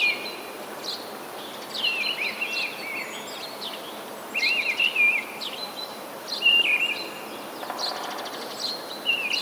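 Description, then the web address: Mistle thrush song: ringing warbled phrases repeated after short gaps, over a hissy background. "wroblowe kolekcja paszkot"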